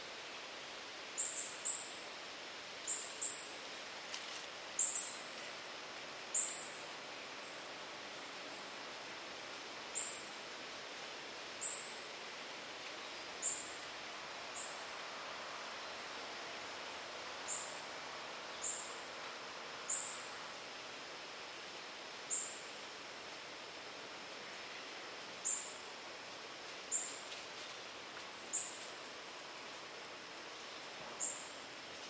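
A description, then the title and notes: Thin, high bird chirps repeat every couple of seconds over a steady, soft outdoor hiss in a quiet natural area. Recorded April 12th at Wekiva River Conservation Area, on the northern edge of suburban Orlando, Florida.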